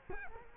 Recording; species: mosquito wingbeat signal from an infrared sensor; Culex quinquefasciatus